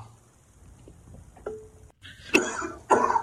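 A brief beep, then two harsh cough bursts from an adult after smoking cannabis.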